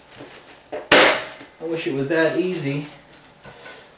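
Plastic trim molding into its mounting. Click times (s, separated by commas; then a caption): 0.9 s. A plastic trim molding is pushed into its mounting and snaps into place with a sharp, loud snap at 0.9 s. Someone talks afterward.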